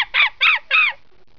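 Monkey calls: three short harsh squawks in quick succession, then quiet.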